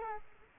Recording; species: mosquito wingbeat signal from an infrared sensor; Aedes aegypti